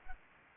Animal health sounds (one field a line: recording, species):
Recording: mosquito wingbeat signal from an infrared sensor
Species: Aedes aegypti